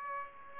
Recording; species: mosquito wingbeat signal from an infrared sensor; Aedes aegypti